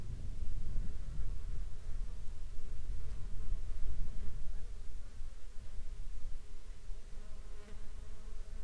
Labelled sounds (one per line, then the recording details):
insects
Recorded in the Prudhoe Bay oil fields, Alaska, on 19 July 2021 at 15:30
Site 14